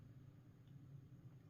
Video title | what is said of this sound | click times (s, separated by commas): Bissell Powerforce Compact Turbo Vacuum – How To Remove, Clean, & Install Dirt Tank & Filter | Well, there wasn't really a click, but I saw that um, you know, go down. But, let's try that again. | none